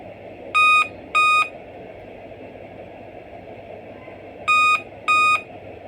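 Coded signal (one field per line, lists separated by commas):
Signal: beep code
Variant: Dell laptop BIOS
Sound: pairs of two short electronic beeps, repeated twice, separated by a three-second pause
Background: low fan hum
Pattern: 2 short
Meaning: Two beeps on a Dell means no memory (RAM) detected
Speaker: रम नहीं होगा या तो रम इसमें रम का प्रॉब्लम होगा इसकी वजह से डिस्प्ले आता नहीं रहेगा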